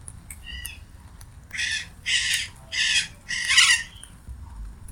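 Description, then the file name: Macaw harsh screeching calls, four broad raspy squawks in quick succession after a few thin chirps, with low background rumble. Recorded 16 August 2025. "Maracana-- 16 08 2025"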